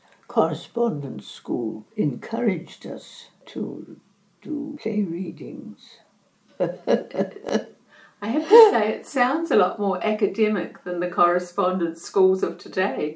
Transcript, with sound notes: The Correspondence School encouraged us to do play readings. [Chuckle] I have to say it sounds more academic than the Correspondence Schools of today.